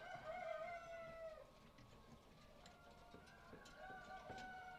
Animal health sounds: poultry house recording; healthy chickens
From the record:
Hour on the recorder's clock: 18

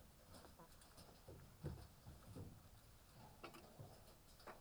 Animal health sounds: poultry house recording; healthy chickens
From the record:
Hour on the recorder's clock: 18

